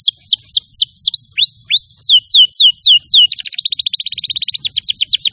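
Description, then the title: Canary song: a run of clear downward-sweeping whistles about four per second, switching to a rapid buzzy trill in the second half. Champion canary song used as a master recording for training other birds. "Masteran Kenari Juara"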